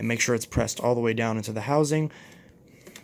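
Someone talks while handling a plastic extension wand holding the crevice tool, lining it up with the lower peg and pressing it onto the upper storage peg of a Bissell PowerForce Helix Turbo Rewind (1797) vacuum. After the talking stops around 2.1 s, only faint handling ticks are heard near 2.7 to 3.1 s. Nothing has seated or clicked yet.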